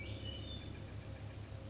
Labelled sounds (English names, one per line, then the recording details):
Hermit Thrush
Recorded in Sonoma County, California